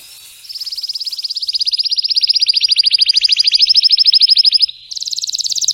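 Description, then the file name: Canary song: a fast, even trill of high notes building in volume for about four seconds, then switching abruptly to a higher, brighter trill. Belgian canary of red frosted colour variety; singing. "canto do canario belga vermelho nevado"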